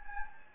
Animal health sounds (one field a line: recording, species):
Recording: mosquito wingbeat signal from an infrared sensor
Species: Anopheles gambiae